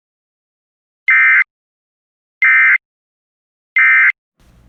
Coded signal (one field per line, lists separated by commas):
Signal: Emergency Alert System (SAME) tones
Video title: EAS Scenario WWIII/ Contaminated Water